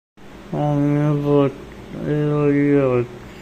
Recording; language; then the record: elicited speech; Bengali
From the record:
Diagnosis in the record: Broca's or global aphasia after a stroke